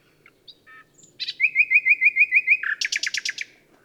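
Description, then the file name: Common nightingale song opening with soft scattered notes, then a rapid rattling series of even notes, ending in a fast trill. "Luscinia megarhynchos"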